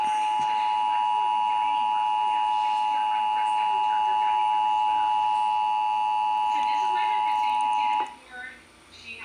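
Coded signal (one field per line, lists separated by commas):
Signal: Emergency Alert System (SAME) tones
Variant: 853 and 960 Hz attention tone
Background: speech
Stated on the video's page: Pennsylvania statewide Required Monthly Test relayed by several FM, TV and cable stations; one station mistakenly ran a silent Required Weekly Test, and one relay failed.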